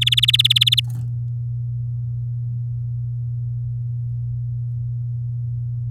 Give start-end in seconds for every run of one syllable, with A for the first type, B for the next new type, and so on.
0.01-0.80 A